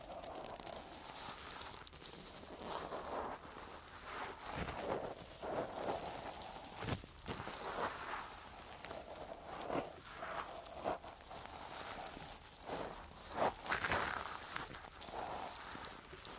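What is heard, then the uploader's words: Furry windscreens are rubbed and scratched right against the microphone, making a dense rustling that never stops. Louder crackling swipes come at irregular moments, around five, seven, ten and thirteen to fourteen seconds, over a soft, fuzzy bed of scratching. Windy Muffs, Scratching the 3DIO.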